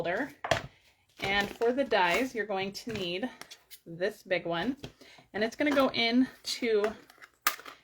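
A thin metal cutting die is pressed into its slot on the logo side of a plastic embossing folder while someone talks. A sharp snap at 7.5 s marks the die locking into place, after which it can't really move.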